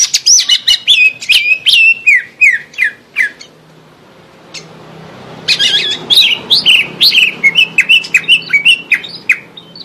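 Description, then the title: Greater green leafbird song: rapid run of bright, sliding whistled notes, a short pause, then another fast burst of chirpy, varied phrases. "Suara Burung Cucak Ijo"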